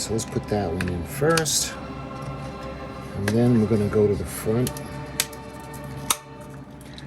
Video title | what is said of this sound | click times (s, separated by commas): AGORA Models 1:200 R.M.S. TITANIC Shipment 23 Pack 20 (Build Video Part One) | and it kind of snaps into place just like that. | 6.1 s